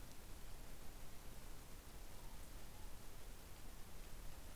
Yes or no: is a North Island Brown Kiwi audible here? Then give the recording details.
no. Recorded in New Zealand on 25 November 2015. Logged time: 01:28. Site CH66